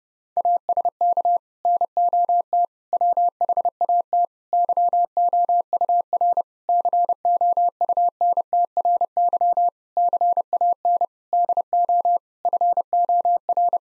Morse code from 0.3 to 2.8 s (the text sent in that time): ASK NOT